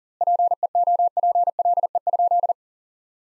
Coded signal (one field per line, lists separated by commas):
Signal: Morse code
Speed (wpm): 40 wpm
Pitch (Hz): 700 Hz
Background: none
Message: PEOPLE?